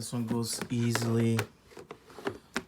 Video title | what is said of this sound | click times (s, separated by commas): Graflex super d 4x5 RB reflex (SLR) camera w: Graflex back! | the back. It locks into place. | 2.6 s